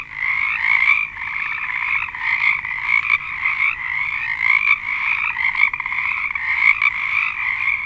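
Frog chorus of many overlapping pulsed trills, steady and loud, with short surges and lulls.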